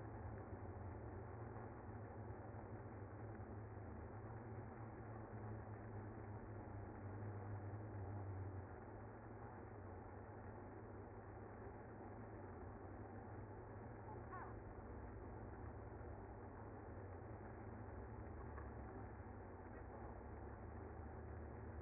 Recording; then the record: honeybee colony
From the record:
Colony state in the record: active